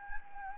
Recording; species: mosquito wingbeat signal from an infrared sensor; Anopheles gambiae